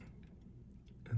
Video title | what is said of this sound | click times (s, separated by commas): Gundam RX-78-2 Master Grade Version 3.0 Gunpla Model Kit Build / Review | they just lock into place you don't need to even have to worry about the fingers | 1.1 s, 1.2 s